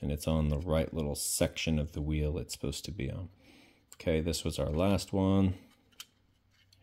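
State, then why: Seated. Someone talks while the last plastic piece of a Whirlpool dryer timer, being rebuilt because the dryer is not heating, is pushed down into position on the timer. A short, sharp click at 6.0 s marks the part seating into place, followed by a faint tick near the end.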